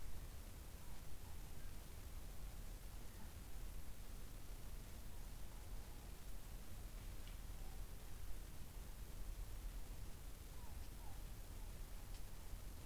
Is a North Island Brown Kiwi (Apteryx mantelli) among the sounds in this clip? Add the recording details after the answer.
no. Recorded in New Zealand on 24 November 2013. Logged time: 03:42. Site CF70